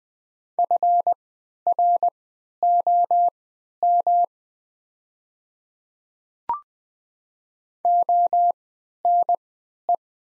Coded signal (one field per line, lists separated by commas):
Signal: Morse code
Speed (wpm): 20 wpm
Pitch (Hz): 700 Hz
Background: none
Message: FROM ONE